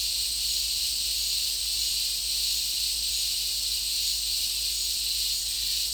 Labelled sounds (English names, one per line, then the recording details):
none
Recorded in dense forest near Puerto Asís, Putumayo, Colombia, on 22 December 2024 at 10:00
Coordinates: 0.485, -76.318
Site GP03